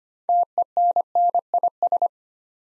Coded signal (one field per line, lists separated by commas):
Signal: Morse code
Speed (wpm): 25 wpm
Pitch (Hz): 700 Hz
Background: none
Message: TENNIS